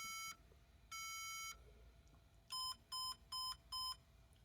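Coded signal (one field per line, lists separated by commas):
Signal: beep code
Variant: HP business PC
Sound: two long beeps, the first cut off, then four short beeps with a harmonic-rich tone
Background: quiet room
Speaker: 1 2 3 4. So, three long and four short. And you'll notice that it starts out that it's red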